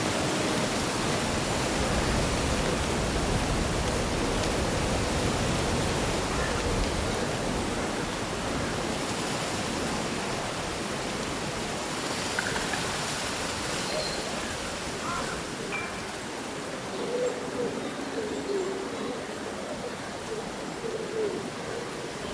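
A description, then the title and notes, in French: Summer wind keeps leaves rustling in a dense, steady wash, with faint bird calls surfacing briefly in the background, especially midway and later. Vent lors d’une journée d’été : Feuilles bruissantes et chants d’oiseaux. La symphonie des feuilles qui bruissent et les mélodies des oiseaux locaux.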